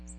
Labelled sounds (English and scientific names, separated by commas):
Ovenbird (Seiurus aurocapilla) flight call